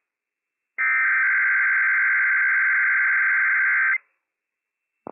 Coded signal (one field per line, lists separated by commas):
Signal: Emergency Alert System (SAME) tones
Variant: header bursts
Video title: Inland Northwest RWT - WWF56 - EAS #157 - 10:46 AM PDT 8/17/21